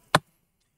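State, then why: Seated. A Dell Inspiron 7760 P98F's plastic bottom cover is pressed back onto the laptop chassis after a battery replacement, and a retaining clip latches with a single sharp, broadband crack at 0.2 s. The clip snaps into place and the cover is seated, a normal sound for this step.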